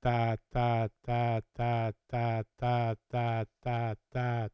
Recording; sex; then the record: repeated syllable /ta/; male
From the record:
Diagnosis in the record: Parkinson's disease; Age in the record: 70 years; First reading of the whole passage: 68 s, 7.6 characters per second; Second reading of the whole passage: 61 s, 8.4 characters per second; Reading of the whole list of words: 64 s, 4.4 characters per second